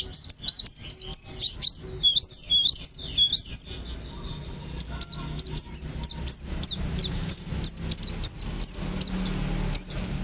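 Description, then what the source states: White-eye song: rapid high, thin chirps and looping whistled notes, a dense jumble early, then evenly spaced sharp twitters after a brief pause. Long, melodious song.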